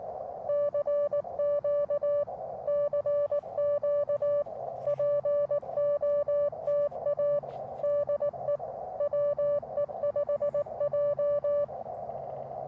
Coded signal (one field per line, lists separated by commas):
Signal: Morse code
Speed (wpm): 19 wpm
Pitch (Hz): 580 Hz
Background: none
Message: CQ CQ POTA DE WE5J